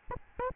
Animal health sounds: mosquito wingbeat signal from an infrared sensor; Aedes albopictus

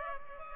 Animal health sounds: mosquito wingbeat signal from an infrared sensor; Culex pipiens

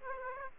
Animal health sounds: mosquito wingbeat signal from an infrared sensor; Aedes aegypti

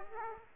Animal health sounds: mosquito wingbeat signal from an infrared sensor; Aedes aegypti

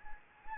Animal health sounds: mosquito wingbeat signal from an infrared sensor; Anopheles gambiae

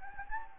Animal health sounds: mosquito wingbeat signal from an infrared sensor; Anopheles gambiae

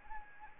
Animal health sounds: mosquito wingbeat signal from an infrared sensor; Anopheles arabiensis

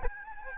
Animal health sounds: mosquito wingbeat signal from an infrared sensor; Aedes albopictus

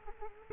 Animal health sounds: mosquito wingbeat signal from an infrared sensor; Culex quinquefasciatus

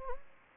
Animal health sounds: mosquito wingbeat signal from an infrared sensor; Anopheles gambiae

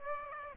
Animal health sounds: mosquito wingbeat signal from an infrared sensor; Aedes aegypti

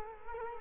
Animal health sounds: mosquito wingbeat signal from an infrared sensor; Culex quinquefasciatus

